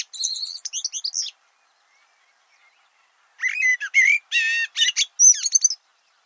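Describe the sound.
Bird produces a fast chirping phrase, a silence of two seconds, then a richer phrase of ringing harmonic whistles and a high trill.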